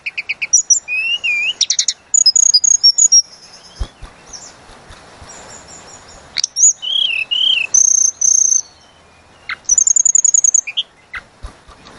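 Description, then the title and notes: Tledekan gunung giving scattered high phrases of piercing whistles, wavy notes and short trills, with quiet gaps between them. Master recording used for training cage birds. "Masteran Tledekan Gunung Sikatan Gunung. burung tledekan"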